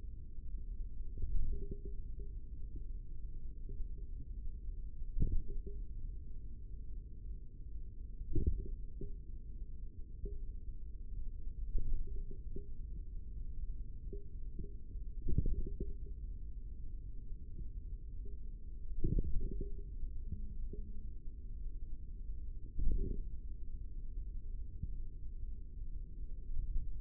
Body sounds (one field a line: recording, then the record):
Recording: forearm muscle sounds (acoustic myography)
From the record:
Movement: tripod grip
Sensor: system 3, bracelet of six PUI Audio POM-2738L microphones around the upper forearm, with dedicated amplification and filtering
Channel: 5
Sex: male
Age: 25 years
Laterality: right